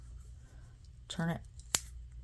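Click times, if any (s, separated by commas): 1.8 s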